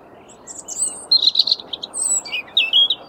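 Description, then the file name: European robin song, a rapid sequence of thin high whistles and trills that rise and fall in pitch, against constant low background rumble. "Erithacus rubecula"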